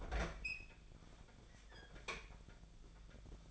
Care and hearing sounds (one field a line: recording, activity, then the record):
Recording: daily activity, microphone in the room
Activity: open fridge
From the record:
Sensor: 5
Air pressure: 1009.8 hPa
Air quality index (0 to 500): 160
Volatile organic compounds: 4 ppm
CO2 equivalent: 1558 ppm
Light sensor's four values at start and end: 127/325/136/144 and 129/328/137/146